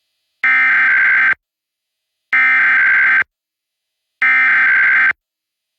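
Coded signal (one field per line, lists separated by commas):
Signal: Emergency Alert System (SAME) tones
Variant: header bursts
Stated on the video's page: Pennsylvania Required Monthly Test captured off TV stations and a cable box, some via Bluetooth headphones.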